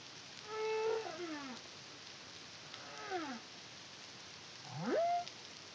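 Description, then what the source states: Humpback whale song: a falling harmonic moan, a shorter descending cry, then a rising whoop, over soft hiss. Song; Caribbean, CARIMAM project, 2023.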